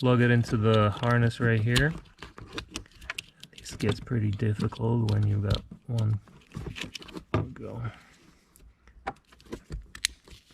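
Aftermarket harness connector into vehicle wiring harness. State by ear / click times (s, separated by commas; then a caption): seated / 10.0 s. Someone talks while a red aftermarket harness connector is pushed into the car's wiring harness behind the dash of an Audi A4. Scattered handling clicks and rattles follow, then a sharp click at 10.1 s as the connector seats and clicks in nicely.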